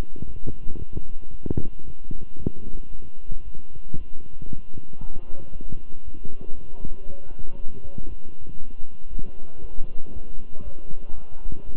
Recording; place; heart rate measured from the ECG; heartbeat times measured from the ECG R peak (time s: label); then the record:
heart sounds by stethoscope; between the tricuspid and mitral areas; 116 bpm
0.25 s: heartbeat
0.77 s: heartbeat
1.30 s: heartbeat
1.84 s: heartbeat
2.38 s: heartbeat
2.90 s: heartbeat
3.44 s: heartbeat
3.97 s: heartbeat
4.49 s: heartbeat
5.00 s: heartbeat
5.52 s: heartbeat
6.03 s: heartbeat
6.54 s: heartbeat
7.05 s: heartbeat
7.56 s: heartbeat
8.07 s: heartbeat
8.58 s: heartbeat
9.09 s: heartbeat
9.60 s: heartbeat
10.12 s: heartbeat
10.63 s: heartbeat
11.14 s: heartbeat
11.65 s: heartbeat
From the record:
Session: walking at 3.7 km/h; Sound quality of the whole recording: good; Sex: male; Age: 23 years